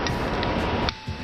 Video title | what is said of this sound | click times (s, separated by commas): Re-Pimp My (Red) Longshot - Xplorer X-Power Kit Review | grab a hole onto this Notch over here on both sides and just pull it down till you hear a click | 0.9 s